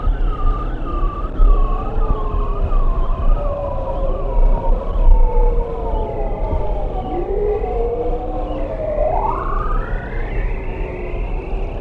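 Bearded seal trills, wavering tones stepping slowly downward in repeated ripples, then a long sweep climbing steeply near the end, over low background rumble.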